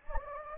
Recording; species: mosquito wingbeat signal from an infrared sensor; Anopheles gambiae